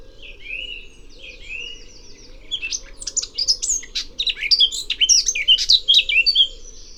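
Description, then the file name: Eurasian blackcap song: soft whistled and trilled notes at first, then a loud, hurried, varied warble of sharp high notes lasting several seconds, over a faint low hum. "Sylvia atricapilla"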